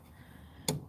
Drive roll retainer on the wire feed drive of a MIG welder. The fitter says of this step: right there see that see how that locks into place so that's